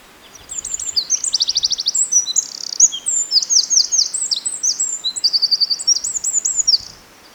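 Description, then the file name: Eurasian wren delivering a loud, rapid stream of high, jingling notes and rattling trills for over six seconds, with steady low background noise. "Troglodytes troglodytes"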